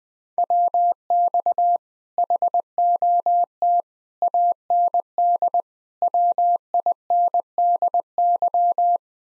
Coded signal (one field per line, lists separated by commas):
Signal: Morse code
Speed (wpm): 20 wpm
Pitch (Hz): 700 Hz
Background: none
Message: WX HOT AND WINDY